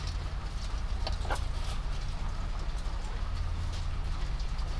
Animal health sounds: poultry house recording; sick chickens (respiratory disease)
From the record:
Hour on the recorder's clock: 21

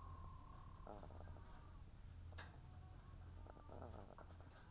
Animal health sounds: poultry house recording; sick chickens (respiratory disease)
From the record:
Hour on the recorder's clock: 17

